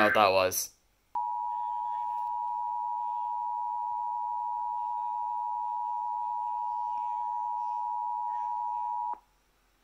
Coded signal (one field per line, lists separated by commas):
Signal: Emergency Alert System (SAME) tones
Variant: 853 and 960 Hz attention tone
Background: speech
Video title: EAS 1364 SVR NWS Jackson